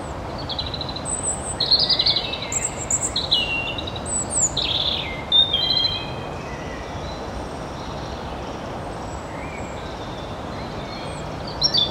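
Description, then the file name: European robin singing a varied phrase of high, liquid whistles and twittering notes for several seconds, then a quiet spell of hiss. "Erithacus rubecula"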